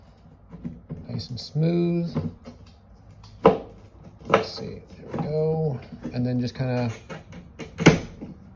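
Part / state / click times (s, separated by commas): water level probe into its holder in an ice machine water trough / seated / 7.9 s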